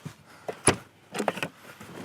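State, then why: Released. Over-center latches on the side of a roof top tent shell on an 80 Series Landcruiser are pushed to open the tent. Sharp latch clicks land at 0.7 s and 1.3 s among softer rattles and knocks, and the latches are released.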